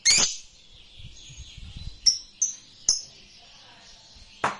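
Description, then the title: Lovebird giving scattered sharp, high chirps, single notes separated by short pauses, with faint low rumble underneath. Fighter-type lovebird singing energetically (gacor). "SUARA Lovebird FIGHTER GACOR"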